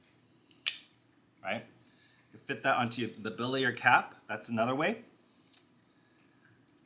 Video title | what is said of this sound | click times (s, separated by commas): E234 Unboxing Insta360 GO 3 Camera | as it just fits in nice and solid in there magnetically, and then so you can see it snaps right in. | 0.7 s